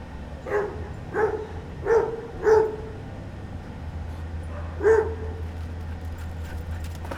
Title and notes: Cra. 82C #30A-100, Medellín, Belén, Medellín, Antioquia, Colombia - Parque Perros. hay diferentes sonidos de perros, a lo lejos y de cerca, se escuchan tambien cadenas y el trotar de los animales